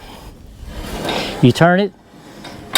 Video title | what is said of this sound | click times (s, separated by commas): Goat squeeze table, how it works | till you hear it lock, and you've got a lock right here that holds it in place so it won't go down on you. | 2.8 s